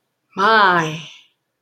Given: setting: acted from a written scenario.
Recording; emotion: vocal sound without words; awe